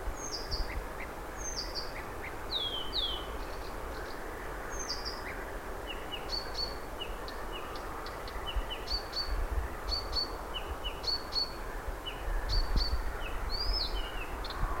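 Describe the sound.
Blyth's Reed Warbler song: deliberate sequence of descending whistles and a repeated ringing note given several times, steadily paced, with low background rumble.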